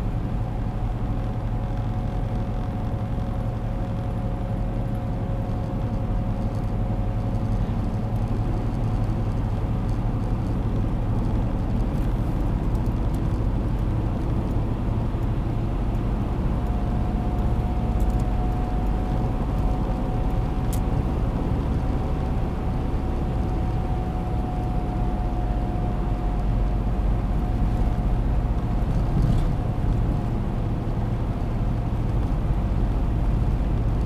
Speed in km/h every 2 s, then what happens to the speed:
104, 104, 103, 105, 107, 110, 112, 116, 119, 121, 124, 120, 118, 116, 115, 114, 114.
0-5 steady at about 104. 5-19 speeds up to 124. 19-34 slows to 114.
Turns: none.